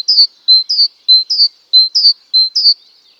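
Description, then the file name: Great tit giving a fast repeated call, each unit a short level whistle and a descending chirp, repeated several times in steady rhythm. "Parus major"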